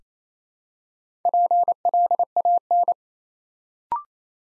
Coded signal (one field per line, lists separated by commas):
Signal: Morse code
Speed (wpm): 29 wpm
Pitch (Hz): 700 Hz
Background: none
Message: PLAN